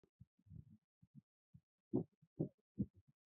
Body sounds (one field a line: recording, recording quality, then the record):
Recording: shallow voluntary cough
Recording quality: poor, much background noise or distortion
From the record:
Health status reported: respiratory illness, not identified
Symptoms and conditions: asthma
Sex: male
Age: 25 years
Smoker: not ticked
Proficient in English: yes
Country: India